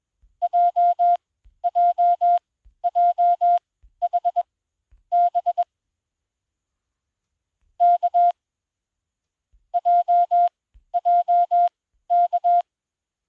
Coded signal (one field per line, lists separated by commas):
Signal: Morse code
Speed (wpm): 21 wpm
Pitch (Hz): 700 Hz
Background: none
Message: JJJHB K JJK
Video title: 20 WPM CW Morse code Koch trainer app for Android smartphones and tablets, QWERTY keypad RX feature